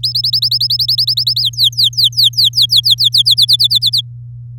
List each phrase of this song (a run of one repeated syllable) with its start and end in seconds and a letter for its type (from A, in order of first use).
0.03-1.41 A, 1.42-3.34 B, 3.37-4.01 C